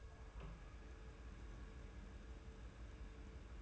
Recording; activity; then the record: daily activity, microphone in the room; open door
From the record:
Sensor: 2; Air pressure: 1015.0 hPa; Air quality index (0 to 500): 138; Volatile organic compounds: 5 ppm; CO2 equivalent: 1784 ppm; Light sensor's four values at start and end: 13/35/14/15 and 13/35/14/15